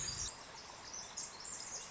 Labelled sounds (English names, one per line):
Pacific Wren